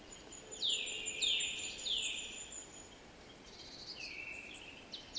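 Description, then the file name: Eurasian nuthatch giving a few loud, high notes that slide downward, followed by a softer run of similar notes, with a thin high whistle in the background. "Sitta europaea"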